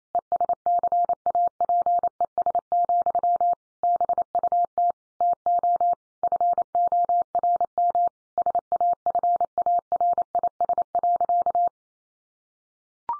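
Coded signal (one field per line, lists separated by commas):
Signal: Morse code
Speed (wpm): 28 wpm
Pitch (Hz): 700 Hz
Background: none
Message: ESCAPES, BUT TO FORM SAFARIS.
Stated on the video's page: Morse practice drill of sentences sent at 28 wpm for head-copy.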